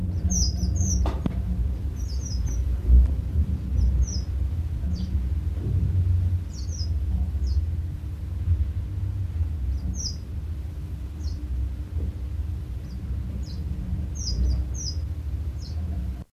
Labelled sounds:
Red Avadavat (Amandava amandava) call
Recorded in captivity
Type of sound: call
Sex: pair
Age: adult
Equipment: Halbspur, 9,5 cm/s
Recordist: Lütgens, Hans
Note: Das Pärchen ist getrennt, Rufen erfolgt wechselseitig

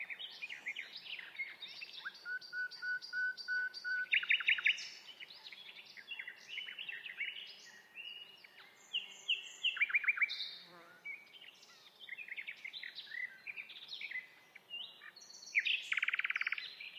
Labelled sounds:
Common Nightingale (Luscinia megarhynchos) song
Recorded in the wild
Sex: male
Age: adult
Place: Hobrechtsfelder Rieselfelder, Naturpark Barnim, Berlin, DE
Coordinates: 52.6661, 13.4692
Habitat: poplar grove
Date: 2011-06-12
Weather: sunny, 20°C, windless
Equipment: Sound Devices 702, Sennheiser MKH 70, Rycote Windschutz
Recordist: Frommolt, Karl-Heinz

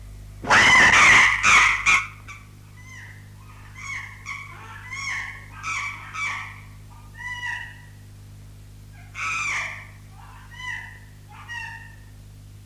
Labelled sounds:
Chimpanzee (Pan troglodytes)
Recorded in captivity
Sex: female
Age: adult
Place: Tierpark Berlin, Berlin, DE
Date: 1958-03-20
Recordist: unbekannt, keine Angabe
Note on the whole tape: "Susi" (ca. 10 Jahre alt): Angstkreischen (sie wird geschlagen und der Unterkiefer wird ihr festgehalten)

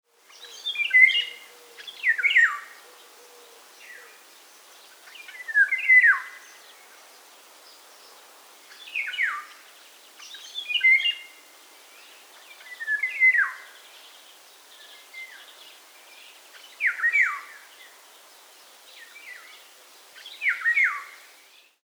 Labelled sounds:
Eurasian Golden Oriole (Oriolus oriolus)
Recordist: Frommolt, Karl-Heinz
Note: Gesang

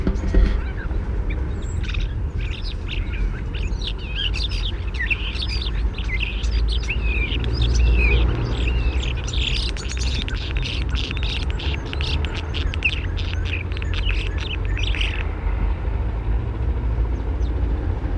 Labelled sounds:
European Starling (Sturnus vulgaris)
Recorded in the wild
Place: Bergen, Insel Rügen, Mecklenburg-Vorpommern, DE
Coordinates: 54.415, 13.426
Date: 1972-09-05
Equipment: Nagra III BH, Sennheiser MD 21, parabola
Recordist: Schubert, Michael

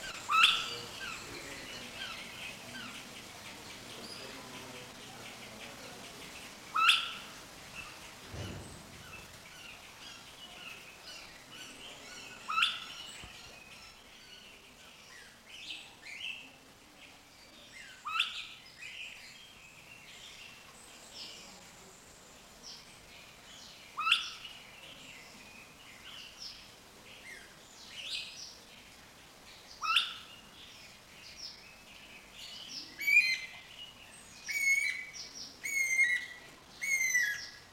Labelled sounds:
Elegant Crested Tinamou (Eudromia elegans) call, Guira Cuckoo (Guira guira)
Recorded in captivity
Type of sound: call
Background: Guira guira
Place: Zoo Berlin, Berlin, DE
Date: 1992-05-09 11:05
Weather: wechselnd bewölkt, 10-20°C, böiger Wind
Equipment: Nagra SN, Mikrofon AKG CK 8, Kopie Tesla B 116
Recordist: Tembrock, Günter
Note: Liegt neben Partner (Kopf), harte Kurzlaut-Rufreihe, dann noch Guira-Kuckuck

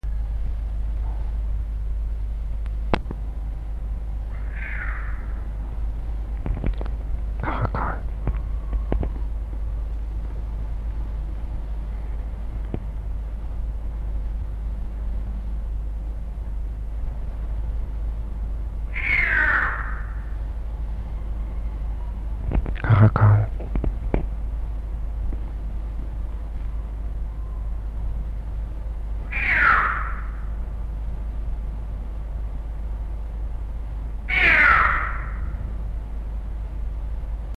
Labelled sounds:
Caracal (Caracal caracal) call
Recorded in captivity
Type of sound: call
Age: adult
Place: Zoo Berlin, Berlin, DE
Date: 1961-01-07 13:30
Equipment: Minifon, Kopie Smaragd
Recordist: Tembrock, Günter
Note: Maunzen (umherlaufend)

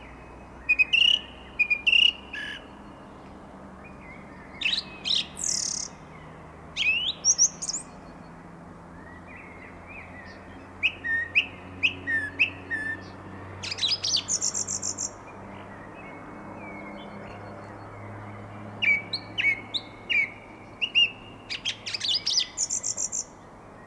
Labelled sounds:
Song Thrush (Turdus philomelos) song
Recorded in the wild
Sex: male
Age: adult
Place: Erlangen, Bayern, DE
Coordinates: 49.6086, 10.9697
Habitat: forest
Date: 1962-05-04
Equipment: Stellavox SM 5, Original, Vollspur
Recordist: Tretzel, Erwin

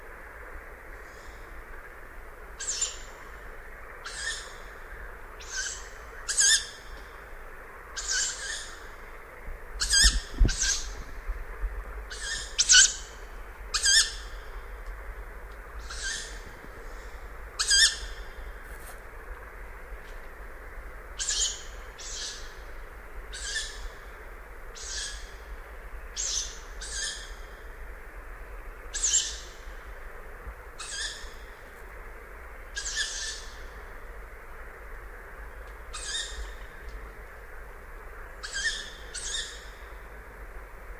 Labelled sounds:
Tawny Owl (Strix aluco) call
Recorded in the wild
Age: juvenile
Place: Kützerhof, Kummerower See, Mecklenburg-Vorpommern, DE
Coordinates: 53.8719, 12.8372
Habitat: forest
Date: 2010-06-24
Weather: 13°C, windstill
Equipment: Sound Devices 702, Sennheiser MKH 70, Rycote Windschutz
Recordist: Frommolt, Karl-Heinz

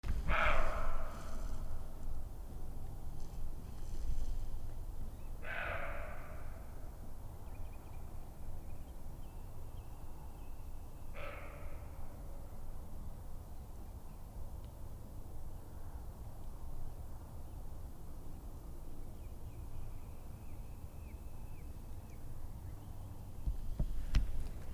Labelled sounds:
Western Roe Deer (Capreolus capreolus) barking
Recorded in the wild
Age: adult
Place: Bernau bei Berlin, Forst Bernau, Brandenburg, DE
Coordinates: 52.6958, 13.5256
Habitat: wood
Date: 2007-04-07 20:36
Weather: fair, 10°C, almost no wind
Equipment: Sound Devices 702, Sennheiser MKH 70, Windkorb
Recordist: Frommolt, Karl-Heinz

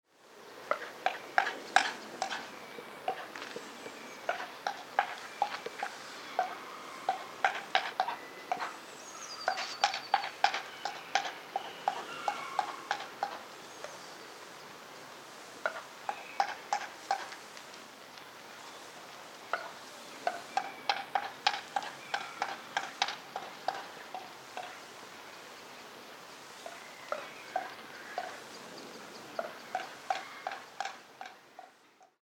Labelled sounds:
Asiatic Black Bear (Ursus thibetanus)
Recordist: Tembrock, Günter
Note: Zahn- und Lippengeräusche

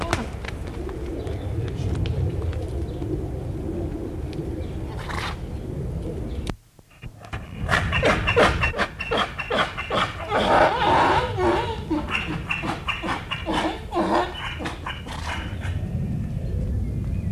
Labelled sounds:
Onager (Equus hemionus)
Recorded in captivity
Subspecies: kulan
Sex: diverse
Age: adult
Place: Zoo Halle, Sachsen-Anhalt, DE
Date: 1978-07-12 13:12
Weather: sunny, 26°C
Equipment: Uher CR 210, Sennheiser MD 421, Kopie Uher 4200
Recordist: Tembrock, Günter

